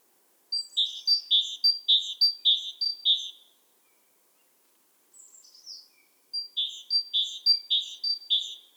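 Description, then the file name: Great tit calling in two quick series of repeated sharp, high notes, roughly three per second, split by a quiet gap with one soft buzzy note. "Parus major"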